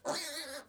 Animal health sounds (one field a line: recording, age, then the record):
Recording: pig call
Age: piglet (1 to 25 days)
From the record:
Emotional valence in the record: negative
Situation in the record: restrain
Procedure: back test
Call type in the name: high-frequency call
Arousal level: medium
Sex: male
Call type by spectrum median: high-frequency call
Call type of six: high-frequency stable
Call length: 0.69 s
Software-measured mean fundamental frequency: 280 Hz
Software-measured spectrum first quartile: 829 Hz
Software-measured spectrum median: 2550 Hz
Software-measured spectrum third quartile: 5690 Hz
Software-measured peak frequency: 582 Hz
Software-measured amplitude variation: 136 dB a second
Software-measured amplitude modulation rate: 20.3 a second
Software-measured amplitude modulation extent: 6.7 dB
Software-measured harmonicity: 3.6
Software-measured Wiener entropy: -1.84